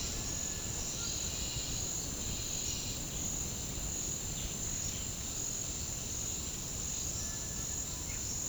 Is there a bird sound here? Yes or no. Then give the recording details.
yes. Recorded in pastures near Puerto Asís, Putumayo, Colombia, on 21 March 2025 at 08:30. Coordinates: 0.497, -76.327. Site G072